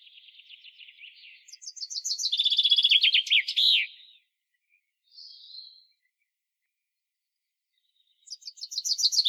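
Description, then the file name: Common chaffinch song: soft, rapid introductory notes build into a loud descending trill with a final flourish, then a brief faint note, and a new song begins at the end. "Fringilla coelebs"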